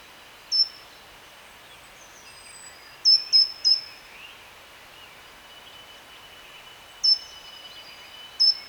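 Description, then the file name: Great tit calls: sharp high notes with short falling tails, one alone, then a quick cluster of three, later a spaced pair, over faint background bird chatter. "Parus major"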